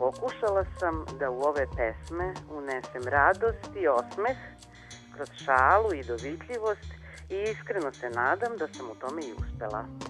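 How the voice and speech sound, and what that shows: Adult woman speaking Serbian in a calm, fluent voice. Normal speech.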